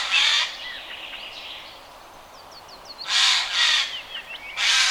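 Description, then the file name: Eurasian jay giving harsh, rasping screeches, one at the start, a quick pair after three seconds and another at the end, with thin whistled notes from other birds between them. "Garrulus glandarius"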